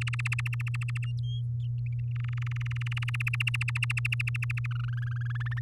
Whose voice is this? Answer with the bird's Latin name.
Serinus canaria